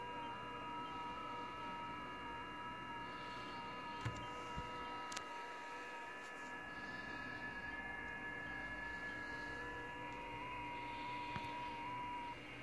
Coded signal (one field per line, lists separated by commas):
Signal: FT8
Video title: Z81D, South Sudan, AFRICA, FT8, Worked by HL2WA